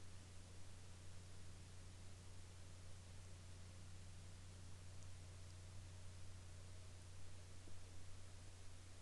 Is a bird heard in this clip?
no